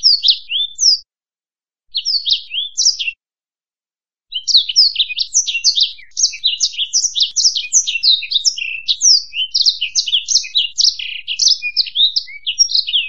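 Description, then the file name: Black-throated canary, two short twittering phrases separated by pauses, then a sustained, fast, high jumble of chirps and trills. "suara burung blackthroat"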